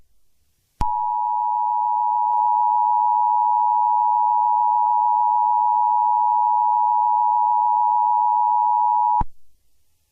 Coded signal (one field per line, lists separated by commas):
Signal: Emergency Alert System (SAME) tones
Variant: 853 and 960 Hz attention tone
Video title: EAS Recreation; Why do i see green juice....